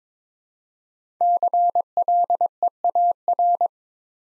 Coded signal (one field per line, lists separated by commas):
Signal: Morse code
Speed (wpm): 22 wpm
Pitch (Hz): 700 Hz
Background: none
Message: CLEAR